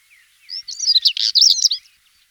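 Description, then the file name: European stonechat gives a short burst of song, rapid scratchy chattering mixed with high squeaky notes, a single phrase against a quiet background. Songbird song recorded in 2004. "roche 2004 schwarzkehlchen"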